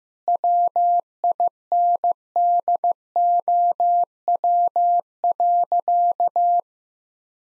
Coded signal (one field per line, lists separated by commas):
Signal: Morse code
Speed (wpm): 16 wpm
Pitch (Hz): 700 Hz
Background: none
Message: WINDOW.